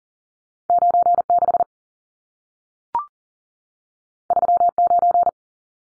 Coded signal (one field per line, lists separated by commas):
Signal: Morse code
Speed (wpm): 40 wpm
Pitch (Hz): 700 Hz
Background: none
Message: 96 39